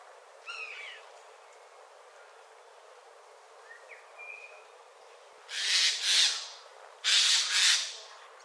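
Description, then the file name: Eurasian jay uttering loud hoarse screeches in two paired bursts in the second half, after faint whistled notes from other birds. "Garrulus glandarius"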